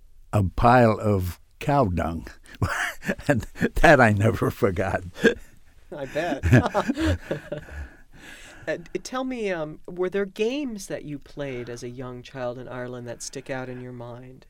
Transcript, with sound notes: a piling of cow dung (he laughs) and that I never forgot. (he laughs)
Tell me, were there games that you played as a young child in Ireland that stick out in your mind?